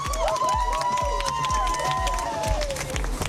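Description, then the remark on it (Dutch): A crowd of Milieudefensie supporters cheers and whoops outside the courtroom after the court's verdict in the case against Shell, with raised voices overlapping and a steady rhythm of low, booming thumps underneath, loud and continuous throughout. “Ik hoor buiten blije reacties.”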